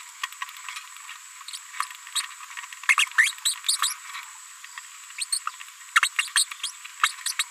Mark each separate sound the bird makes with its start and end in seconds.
0.42-0.44, 1.53-1.57, 2.15-2.21, 3.18-3.31, 3.45-3.54, 5.18-5.25, 5.32-5.39, 5.96-6.00, 6.18-6.29, 6.36-6.44, 6.63-6.71, 7.26-7.32, 7.39-7.43